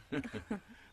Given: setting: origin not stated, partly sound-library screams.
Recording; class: one-second piece from a danger detection set; normal situation